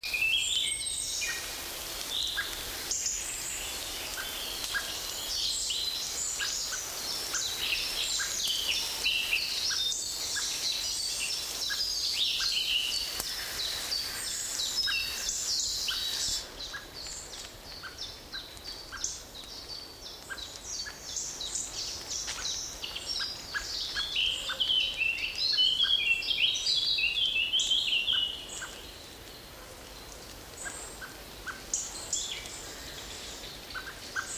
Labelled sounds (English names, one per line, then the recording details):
Common Blackbird call
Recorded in the wild
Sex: male
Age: adult
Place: Mühlenbecker Land, OT Summt, Brandenburg, DE
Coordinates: 52.6928, 13.3553
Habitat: spruce thicket
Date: 1988-07-09 15:00
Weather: fair, few clouds, 17-21°C, gusty winds
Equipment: Sony WM-D6C, Kopie Tesla B 116
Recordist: Tembrock, Günter